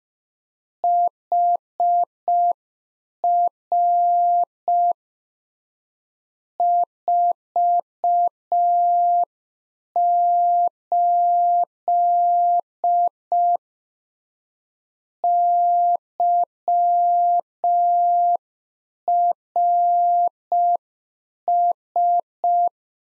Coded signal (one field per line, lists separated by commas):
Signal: Morse code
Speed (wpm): 5 wpm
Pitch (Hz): 700 Hz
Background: none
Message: HR 48 YRS